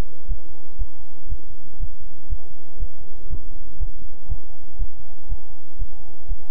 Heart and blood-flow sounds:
heart sounds by stethoscope; between the tricuspid and mitral areas; 120 bpm
0.26 s: heartbeat
0.77 s: heartbeat
1.28 s: heartbeat
1.78 s: heartbeat
2.28 s: heartbeat
2.78 s: heartbeat
3.28 s: heartbeat
3.78 s: heartbeat
4.27 s: heartbeat
4.77 s: heartbeat
5.27 s: heartbeat
5.77 s: heartbeat
6.26 s: heartbeat
From the record:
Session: bicycle stress test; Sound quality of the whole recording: good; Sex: male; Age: 26 years

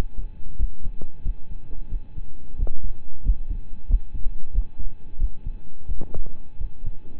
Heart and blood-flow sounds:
heart sounds by stethoscope; between the tricuspid and mitral areas; 90 bpm
0.56 s: heartbeat
1.22 s: heartbeat
1.89 s: heartbeat
2.56 s: heartbeat
3.23 s: heartbeat
3.87 s: heartbeat
4.51 s: heartbeat
5.17 s: heartbeat
5.86 s: heartbeat
6.58 s: heartbeat
From the record:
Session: rest, lying down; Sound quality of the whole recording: partially saturated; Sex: male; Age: 25 years

